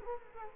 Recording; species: mosquito wingbeat signal from an infrared sensor; Culex quinquefasciatus